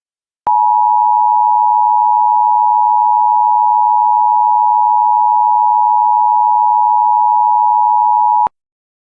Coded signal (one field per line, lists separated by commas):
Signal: Emergency Alert System (SAME) tones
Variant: 853 and 960 Hz attention tone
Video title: EAS Mini-Timeline: Washington Statewide AMBER Alert and Cancelation Message